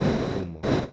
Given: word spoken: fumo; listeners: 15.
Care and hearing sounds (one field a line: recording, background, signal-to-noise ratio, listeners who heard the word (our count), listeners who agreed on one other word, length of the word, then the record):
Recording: one Spanish word in noise, from a listening test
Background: noise modulated by one talker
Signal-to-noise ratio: -8.5 dB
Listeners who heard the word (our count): 1 of 15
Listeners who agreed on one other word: 7 of 15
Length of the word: 0.53 s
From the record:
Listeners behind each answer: 7, 4, 1, 1, 1, 1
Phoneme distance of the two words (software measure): 7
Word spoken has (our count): 2 syllables, 4 phonemes, stress on syllable 1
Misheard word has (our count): 2 syllables, 3 phonemes, stress on syllable 1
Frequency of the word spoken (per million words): 1.07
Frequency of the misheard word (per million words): 31.10